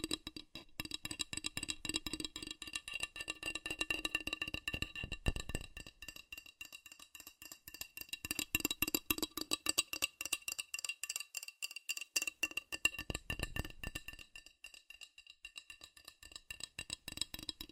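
Fast, furious tapping on metal, a dense stream of sharp clinking strikes that runs without pause for the whole stretch. The hits are bright and ringing, with a steady metallic tone under them; the rhythm stays rapid but loosens slightly around the middle.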